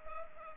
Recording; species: mosquito wingbeat signal from an infrared sensor; Culex pipiens